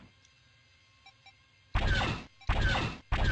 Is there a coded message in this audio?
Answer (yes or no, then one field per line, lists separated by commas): no